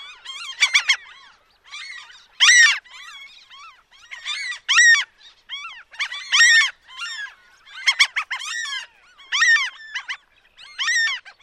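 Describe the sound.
Franklin's gull calls: repeated nasal, squealing cries with rising and falling inflections, in uneven bursts.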